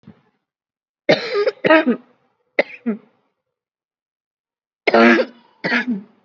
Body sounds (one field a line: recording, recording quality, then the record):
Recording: heavy voluntary cough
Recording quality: excellent, no background noise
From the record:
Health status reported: COVID-19 positive, mild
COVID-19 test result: positive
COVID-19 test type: RT-PCR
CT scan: not taken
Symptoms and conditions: cough, cold, breathing difficulty, fever, fatigue, muscle pain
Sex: female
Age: 20 years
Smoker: no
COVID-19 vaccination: none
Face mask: worn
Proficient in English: yes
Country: India